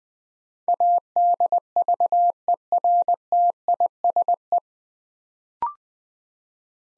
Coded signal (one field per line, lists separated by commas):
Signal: Morse code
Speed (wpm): 20 wpm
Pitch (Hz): 700 Hz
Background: none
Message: ADVERTISE